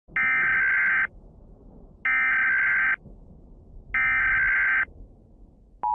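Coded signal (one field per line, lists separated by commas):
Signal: Emergency Alert System (SAME) tones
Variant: header bursts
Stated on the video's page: Mock EAS broadcast, fictional.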